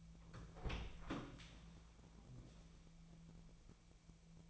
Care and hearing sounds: daily activity, microphone in the room; open door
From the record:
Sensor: 1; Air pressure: 1000.5 hPa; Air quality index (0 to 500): 184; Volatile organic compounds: 4 ppm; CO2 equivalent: 1695 ppm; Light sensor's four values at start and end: 12/30/12/14 and 13/30/13/14

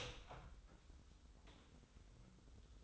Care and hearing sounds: daily activity, microphone in the room; open door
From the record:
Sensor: 3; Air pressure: 990.4 hPa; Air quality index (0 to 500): 173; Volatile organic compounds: 1000 ppm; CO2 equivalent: 5596 ppm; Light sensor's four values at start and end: 48/113/46/44 and 48/113/46/44

